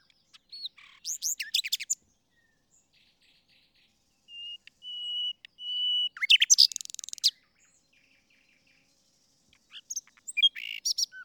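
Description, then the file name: Common nightingale song: brief chattering bursts, then long pure whistles that swell in volume before a rich rapid flourish, with quiet gaps between phrases. "Luscinia megarhynchos"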